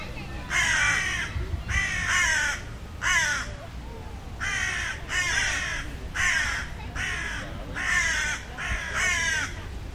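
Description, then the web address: Bird calls, about a dozen rough, raspy caws delivered in quick pairs and triplets over a faint low hum. "2025 File origin Bird Only"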